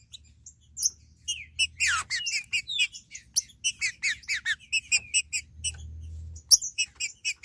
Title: Trinca Ferro